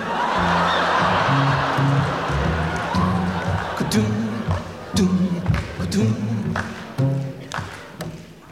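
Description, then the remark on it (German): An audience that was asked to snap their fingers along claps instead, in a steady rhythm, sharp claps landing about once a second over a crowd murmur and a low, droning voice or music underneath. “Schnippen, habe ich gesagt, nicht klatschen.”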